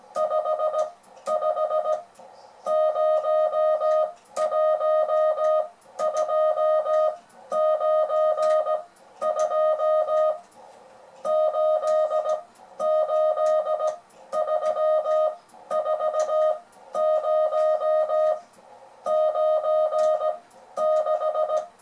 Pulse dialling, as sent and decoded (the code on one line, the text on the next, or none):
none